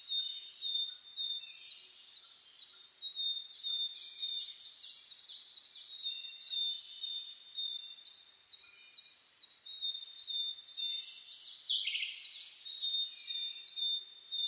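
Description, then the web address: Bird: continuous high chorus of small birds, with fast twittering phrases and chirps, louder for a while after the middle. Dawn chorus (reimei) of birdsong (saezuri), recorded on 10 May 2010 at 04:01 with a DH-D50 recorder. "sounds data 2010 reimei DH-D 50-saezuri-20100510-0401"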